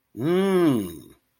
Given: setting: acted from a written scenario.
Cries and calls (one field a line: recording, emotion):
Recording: vocal sound without words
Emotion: realization